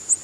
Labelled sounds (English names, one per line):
Prothonotary Warbler flight call